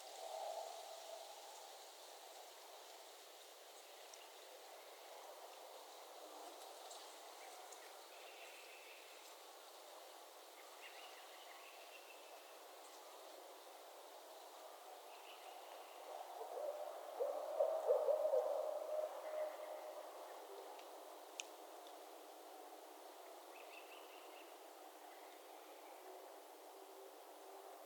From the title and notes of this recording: Barred Owl Mating Season in Northern Michigan. I was a couple of miles away from where I wanted to record but heard the owls starting their calls so wanted to record them.